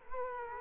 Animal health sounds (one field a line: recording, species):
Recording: mosquito wingbeat signal from an infrared sensor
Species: Culex quinquefasciatus